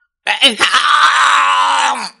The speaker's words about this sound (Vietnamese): Quốc sư trơ mắt nhìn nguyên rỗ phản phệ phát ra một cái tiếng gầm thét không cam lòng.